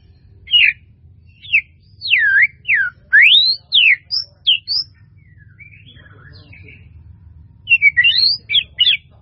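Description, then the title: White-rumped Shama song: loud, sharply swooping whistled notes in a varied sequence, a pause, then a quick burst of high notes. "murai batu"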